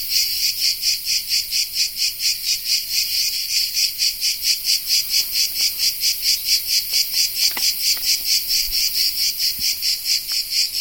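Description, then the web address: Cicada producing a harsh high-pitched buzz in very regular rapid pulses, with a few faint clicks in the background. Cicada of the genus Tettigia recorded in the Peloponnese in the morning. "Peloponnes akustik au Tettigia Cicada morning"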